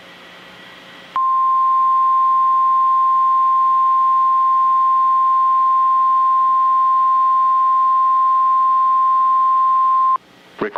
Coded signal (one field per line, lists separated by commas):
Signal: Emergency Alert System (SAME) tones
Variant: 1050 Hz attention tone